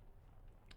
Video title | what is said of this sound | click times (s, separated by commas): First Impressions Fragrance Review- Iberè, Seamless Soul & Sun-Kissed Island | Caps click into place. | 0.7 s